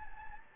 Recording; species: mosquito wingbeat signal from an infrared sensor; Anopheles gambiae